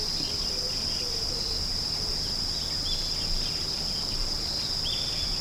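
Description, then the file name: Insect singing as a continuous shrill, even-toned buzz without pause, with a few faint brief chirps behind it. "singing of insect"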